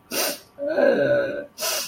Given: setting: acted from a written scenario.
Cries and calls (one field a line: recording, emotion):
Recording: vocal sound without words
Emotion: sadness